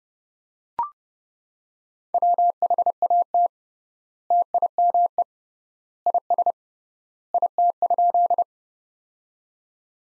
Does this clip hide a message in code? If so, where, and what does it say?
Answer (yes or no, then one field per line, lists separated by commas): yes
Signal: Morse code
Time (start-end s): 2.1-8.4 s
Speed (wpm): 30 wpm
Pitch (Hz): 700 Hz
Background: none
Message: WHAT TIME IS IT?